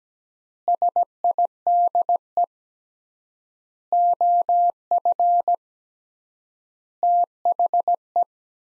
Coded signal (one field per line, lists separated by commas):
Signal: Morse code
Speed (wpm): 17 wpm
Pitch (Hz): 700 Hz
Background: none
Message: SIDE OF THE